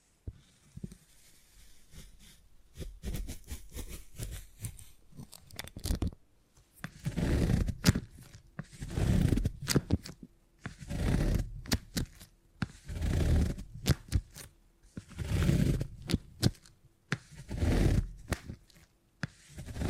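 Beeswax is squished and pressed in sticky, crackling bursts, sparse at first, then repeating steadily about every second with scraping, tearing textures.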